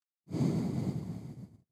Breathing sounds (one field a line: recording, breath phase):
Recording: one breath near a microphone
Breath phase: exhalation